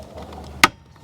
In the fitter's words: till it clicks and it's locked in place